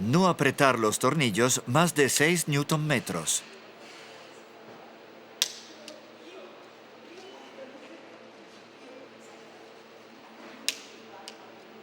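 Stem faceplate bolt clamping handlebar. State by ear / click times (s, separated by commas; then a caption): torque reached / 5.4 s, 10.7 s. Someone talks for the first few seconds, then an FSA torque wrench tightens the FSA stem faceplate bolts that clamp the handlebar, to no more than 6 Nm. The wrench gives two sharp clicks, one per bolt, at 5.4 s and 10.7 s, each followed by a softer release sound at about 5.9 s and 11.3 s.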